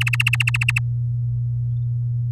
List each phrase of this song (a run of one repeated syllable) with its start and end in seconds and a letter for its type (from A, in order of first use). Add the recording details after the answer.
0.01-0.79 A. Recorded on 8 May 2018 at 13:23. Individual llb16